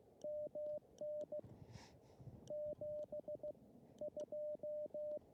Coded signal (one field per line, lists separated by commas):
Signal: Morse code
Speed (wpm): 16 wpm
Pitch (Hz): 600 Hz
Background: none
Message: MN 72